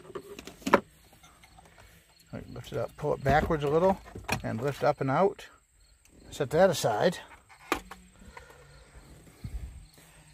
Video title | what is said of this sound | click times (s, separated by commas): How to remove navigation radio Ford & Lincoln 2007 to 2012 | Alright, so we're going to get our pry tool or screwdriver in the back corner and gently lift up until it snaps out like that. | 0.7 s